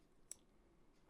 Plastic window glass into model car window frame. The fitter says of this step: so once again here's the window here's the glass just pushing these two together until they click